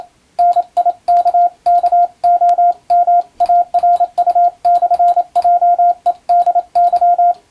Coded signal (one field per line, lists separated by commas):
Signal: Morse code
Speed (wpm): 27 wpm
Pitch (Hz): 700 Hz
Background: radio noise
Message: NIKKOMARU/JEDY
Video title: モールス受信練習用！アマチュア無線ハムの受信練習にYouTubeの再生速度を自分の好みに調整して毎日聴いてみよう！欧文ＣＷをエレキーで打っています(morse code learning)